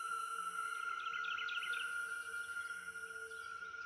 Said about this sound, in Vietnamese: Tiếng chim hót ríu rít trên mái nhà khiến đôi mắt tôi trở lại với vẻ tinh anh như thường ngày